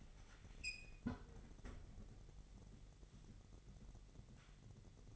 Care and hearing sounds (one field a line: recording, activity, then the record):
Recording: daily activity, microphone in the room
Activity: close fridge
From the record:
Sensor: 4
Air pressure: 989.2 hPa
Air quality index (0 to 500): 222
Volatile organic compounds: 78 ppm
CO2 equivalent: 3592 ppm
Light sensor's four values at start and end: 26/90/33/35 and 26/92/34/36